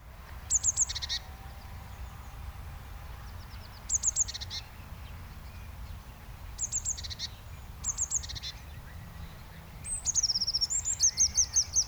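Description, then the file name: Eurasian blue tit calling repeatedly: thin high notes with buzzy churring tails in several bursts, then a longer rapid series of high ringing notes near the end. "Cyanistes caeruleus"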